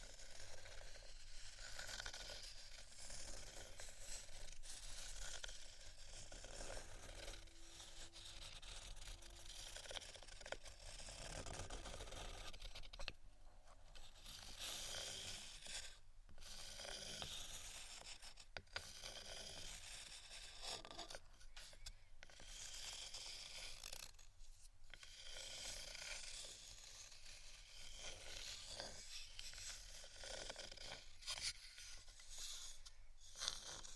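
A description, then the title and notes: Wooden items are tapped and scratched in a dense, continuous run of bright, dry scraping and clicking. The scratching rushes on with little pause, broken by short dips near 13, 16, 19 and 25 seconds, and a faint low hum sits underneath throughout. ASMR Tapping & Scratching Wooden Items（No Talking）.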